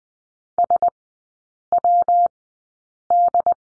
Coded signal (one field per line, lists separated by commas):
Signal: Morse code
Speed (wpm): 20 wpm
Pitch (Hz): 700 Hz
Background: none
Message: SWD